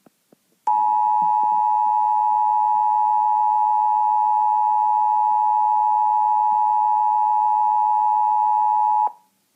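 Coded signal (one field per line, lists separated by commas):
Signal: Emergency Alert System (SAME) tones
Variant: 853 and 960 Hz attention tone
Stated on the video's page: Tornado Warning alert interrupting a Disney's Teacher's Pet episode.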